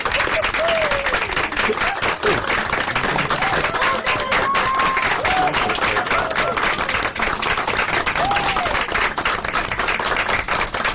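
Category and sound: sound effect, applause sound effect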